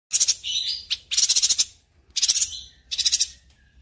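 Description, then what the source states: Streaked spiderhunter calling in four quick, harsh rattled bursts, each made of fast pulsing notes, against a quiet background. Bird-tutoring (masteran) song of a vigorously singing bird, clear and long.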